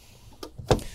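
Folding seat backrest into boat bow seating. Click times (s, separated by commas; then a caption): 0.7 s. An integrated backrest on the bow seating of a Grady-White Canyon 306 boat is raised and folded into place. After a lighter knock at about 0.4 s, it latches into its locked position with a short, solid clunk at 0.7 s. The backrest is seated and locked, forming a lounge seat.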